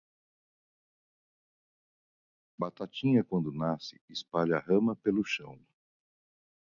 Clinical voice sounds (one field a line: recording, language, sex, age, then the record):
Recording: short text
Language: Brazilian Portuguese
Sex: male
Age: 60 to 69 years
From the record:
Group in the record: control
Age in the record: 65 years